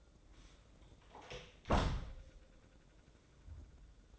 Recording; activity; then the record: daily activity, microphone in the room; close door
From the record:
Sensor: 3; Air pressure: 1012.3 hPa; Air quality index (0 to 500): 180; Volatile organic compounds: 3 ppm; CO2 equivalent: 1378 ppm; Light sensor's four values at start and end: 649/1616/670/695 and 649/1616/671/696